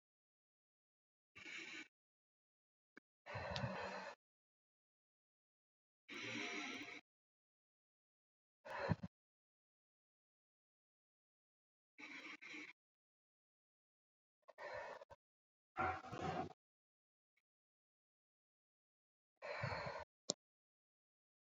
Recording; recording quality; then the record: deep breathing; excellent, no background noise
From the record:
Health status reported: healthy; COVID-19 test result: not tested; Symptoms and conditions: none ticked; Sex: female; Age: 54 years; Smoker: not ticked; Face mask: not worn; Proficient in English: yes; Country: France